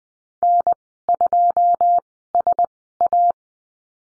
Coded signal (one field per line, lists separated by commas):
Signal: Morse code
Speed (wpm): 20 wpm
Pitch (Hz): 700 Hz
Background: none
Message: N2SA